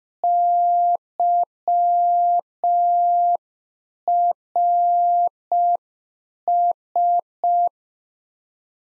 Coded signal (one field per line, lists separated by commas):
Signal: Morse code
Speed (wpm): 5 wpm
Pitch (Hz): 700 Hz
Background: none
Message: YRS